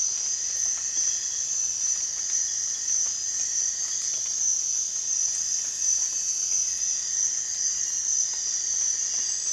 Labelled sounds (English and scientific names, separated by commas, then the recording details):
none
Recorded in dense forest near Puerto Asís, Putumayo, Colombia, on 27 June 2025 at 03:00
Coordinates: 0.468, -76.322
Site GP03